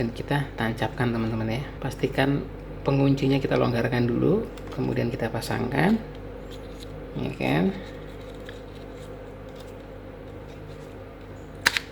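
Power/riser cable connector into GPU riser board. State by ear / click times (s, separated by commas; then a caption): seated / 11.7 s, 11.8 s. A power/riser cable connector is pushed into a GPU riser board after its lock is loosened. Someone talks, then two sharp hits sound at 11.7 s and 11.8 s as the connector seats and is confirmed plugged in.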